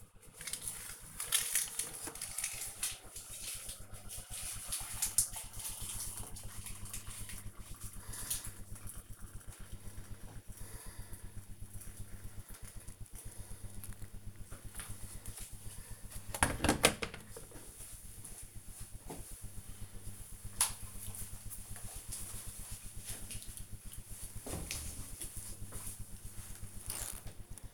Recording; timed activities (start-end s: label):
household activities, microphone on the right wrist
0.00-16.60 s: making tea